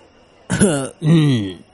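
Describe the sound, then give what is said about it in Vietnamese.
A voice imitates a dry cough, clearing its throat as a reminder: two short, voiced "ahem"-like bursts in quick succession, the second slightly longer and lower, fairly loud against a quiet background. “Tiểu Vương Tôn ho khan một tiếng, nhắc nhở.”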